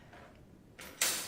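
Pressing the trigger plate on a live-animal cat trap releases its spring-loaded door, which slams shut at 1.0 s with a loud, sharp bang. A faint sound comes at 0.1 s and a brief rustle near 0.8 s before the bang. The door locks in place.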